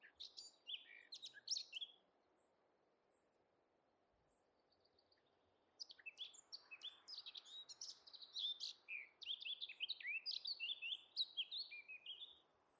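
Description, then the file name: Eurasian blackcap song: a brisk high warbled phrase, a long quiet gap, then an extended busy stream of scratchy and whistled notes. "Sylvia atricapilla"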